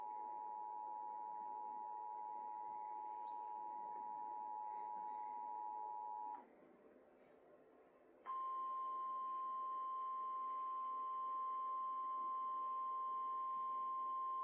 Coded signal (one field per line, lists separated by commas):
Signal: Emergency Alert System (SAME) tones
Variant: 853 and 960 Hz attention tone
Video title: Eas svr on Whro tv 15 live stream Eas#792